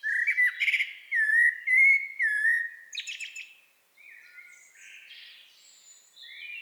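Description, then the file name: Common blackbird singing a run of rich, slurred whistled notes in quick succession, then softer, thinner twittering phrases trailing off. "Turdus merula"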